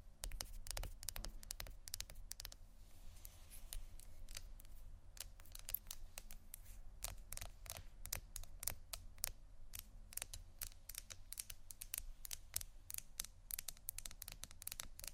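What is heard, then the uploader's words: Gentle tapping in a varied assortment: quick, crisp clicks and taps that come in irregular bursts, sometimes clustered tightly, sometimes spaced apart. The taps are bright and dry, running continuously through the clip, over a steady low hum underneath. ASMR Gentle Tapping Assortment (No Talking).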